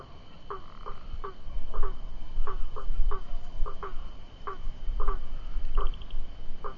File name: Rhinella icterica